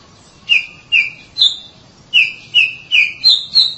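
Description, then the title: Oriental magpie-robin whistling eight clear, slightly falling notes in two groups, separated by a brief pause. "Suara Kicauan Burung Kacer"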